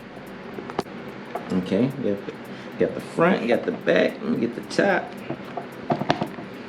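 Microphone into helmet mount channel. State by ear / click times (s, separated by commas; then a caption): partly seated / 6.1 s. Someone talks while a Purple Panda microphone is pressed into the top-side channel of a motorcycle helmet mount. A sharp, brief snap at 6.1 s marks it seating without a clear, satisfying click. It cannot be pulled back out, so it is firmly in.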